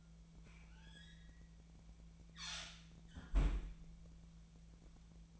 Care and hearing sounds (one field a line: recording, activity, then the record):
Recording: daily activity, microphone in the room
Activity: close fridge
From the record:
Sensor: 1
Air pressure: 1009.7 hPa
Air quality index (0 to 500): 192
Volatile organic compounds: 18 ppm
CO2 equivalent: 2632 ppm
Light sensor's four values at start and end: 32/81/34/41 and 32/81/34/41